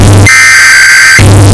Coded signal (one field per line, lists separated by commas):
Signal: Emergency Alert System (SAME) tones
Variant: header bursts